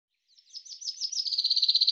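Common chaffinch song opening: a series of high, sharp notes building into a fast, even trill, cut off before the end.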